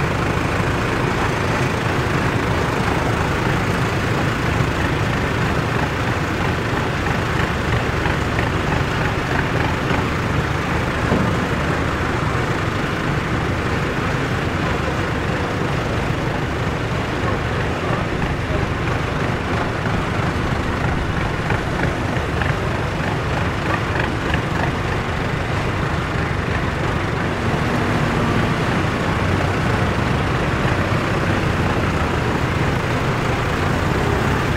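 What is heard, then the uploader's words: A tractor engine idles steadily for the whole stretch, a dense low rumble with a fine, even chugging running through it. The level barely shifts from start to finish, and the sound stays weighty with only a soft hiss above it. The calming sounds of a tractor idling on a farm. The gentle hum of the tractor engine.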